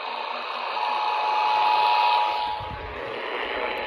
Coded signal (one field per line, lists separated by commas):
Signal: Emergency Alert System (SAME) tones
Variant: 853 and 960 Hz attention tone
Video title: I Forgor To Upload Required Weekly Tests EAS #89-100!!